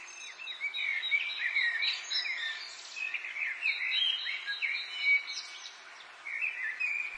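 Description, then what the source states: Mixed birdsong with rapid twittering and looping warbled phrases, several birds overlapping, and a faint steady hiss underneath. Birdsong in an English garden in the late afternoon, urban atmosphere.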